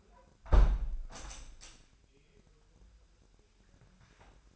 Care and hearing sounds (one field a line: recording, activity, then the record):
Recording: daily activity, microphone in the room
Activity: close window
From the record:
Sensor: 2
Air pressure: 997.8 hPa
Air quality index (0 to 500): 138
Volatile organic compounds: 4 ppm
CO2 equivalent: 1557 ppm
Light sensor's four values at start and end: 10/31/12/12 and 11/31/12/12